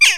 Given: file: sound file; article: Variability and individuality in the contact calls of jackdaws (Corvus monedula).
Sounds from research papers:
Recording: jackdaw call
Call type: harmonic

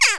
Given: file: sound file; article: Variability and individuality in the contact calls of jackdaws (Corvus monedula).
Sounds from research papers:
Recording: jackdaw call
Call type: harmonic

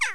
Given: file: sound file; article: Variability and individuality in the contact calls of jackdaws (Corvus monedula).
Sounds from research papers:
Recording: jackdaw call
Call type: harmonic

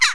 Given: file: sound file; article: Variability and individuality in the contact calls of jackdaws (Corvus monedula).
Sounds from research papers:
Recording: jackdaw call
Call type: harmonic

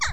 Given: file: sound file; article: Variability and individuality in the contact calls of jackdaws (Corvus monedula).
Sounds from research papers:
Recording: jackdaw call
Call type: harmonic

